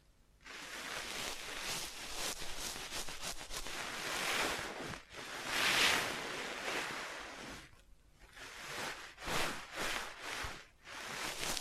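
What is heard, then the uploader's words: A dry, hissing scratch runs almost the whole time after a short silent start, swelling and thinning as it moves. It breaks off in brief gaps near six, eight and eleven seconds, then returns in shorter uneven strokes, bright and rough. Tapping, Scratching, Tracing and Panning.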